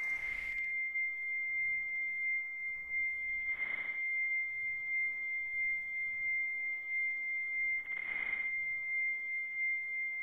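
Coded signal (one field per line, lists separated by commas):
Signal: dial-up modem handshake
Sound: a long steady high tone broken by three brief smeared bursts, slowed down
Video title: Dial Up Internet Sound (Slowed Down) 10%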